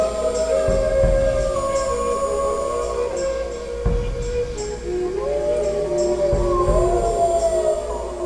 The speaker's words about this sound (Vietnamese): Chương 7: Nghìn sói cùng tru.